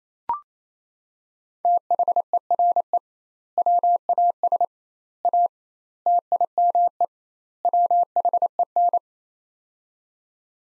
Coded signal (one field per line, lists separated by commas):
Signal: Morse code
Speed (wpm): 27 wpm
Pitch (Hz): 700 Hz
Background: none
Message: THERE WAS A TIME WHEN